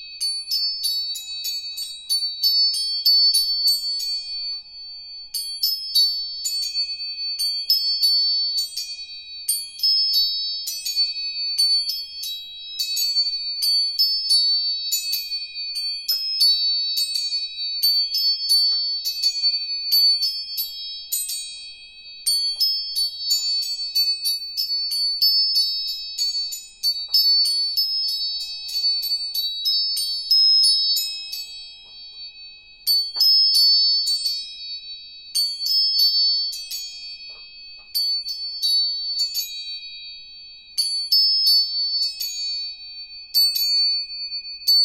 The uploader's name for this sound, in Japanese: 音叉チューニング